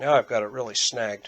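An action camera is brought toward its magnetic quick-release mount while someone talks. Nothing has seated or clicked yet, and the camera is not yet in the mount.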